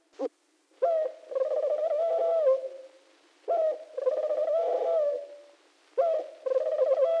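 Pigeon cooing: a short note, then several drawn-out, throaty, rolling coos with short gaps between.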